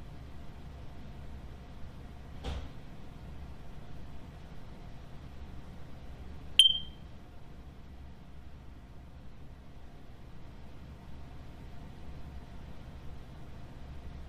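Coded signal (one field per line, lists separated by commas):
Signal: beep code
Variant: smoke detector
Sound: a single short high chirp in a quiet room, with a faint click earlier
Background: quiet room hum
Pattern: 1 short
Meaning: The smoke detector's battery is low or dead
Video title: Aliens Sitting in a Butter Tray with a Dead Battery While Listening to a Smoke Detector Beep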